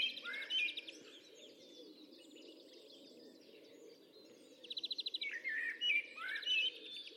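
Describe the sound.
Bird sounds: scattered whistled chirps at first, a quieter stretch, then a quick trill followed by bright slurred whistles.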